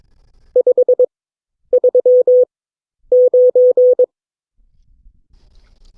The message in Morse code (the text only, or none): 539